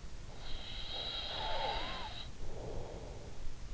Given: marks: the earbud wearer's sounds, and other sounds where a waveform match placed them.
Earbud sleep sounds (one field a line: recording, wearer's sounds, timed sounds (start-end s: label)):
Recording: sounds in sleep by an in-ear microphone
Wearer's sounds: snoring breath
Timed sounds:
0.01-3.64 s: snoring breath